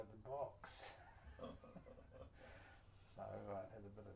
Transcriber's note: chuckles